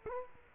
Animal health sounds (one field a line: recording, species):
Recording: mosquito wingbeat signal from an infrared sensor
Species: Culex quinquefasciatus